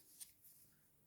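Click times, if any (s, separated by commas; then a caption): none. A plastic locking part of a newly received Temu item is pushed by hand toward the notches of its holder. Soft handling and rubbing noises are heard, with a brief bright scrape near 0.2 s. Nothing has seated or clicked yet.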